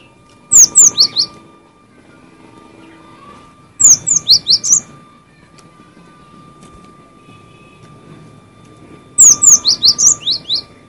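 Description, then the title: Cinereous tit song repeated three times, each phrase a fast series of several high, sharp, descending chirps, separated by a few seconds of quiet with a steady hum. "suara burung gelatik winko"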